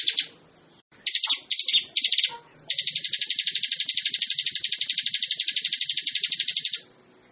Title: Suara Burung Ciblek